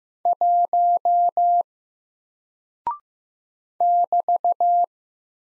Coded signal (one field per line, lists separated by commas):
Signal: Morse code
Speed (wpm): 15 wpm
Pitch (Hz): 700 Hz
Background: none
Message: 1 <BT>